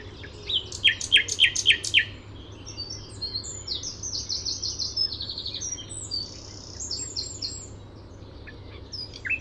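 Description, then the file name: Common nightingale singing a burst of repeated sharp chirps followed by rapid high trills and varied whistled notes. "Luscinia megarhynchos"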